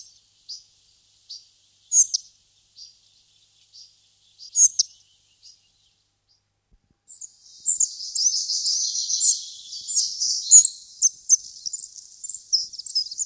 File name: lejsek-šedý